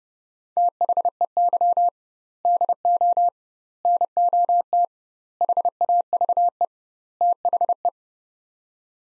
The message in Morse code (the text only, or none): THEY DO NOT HAVE THE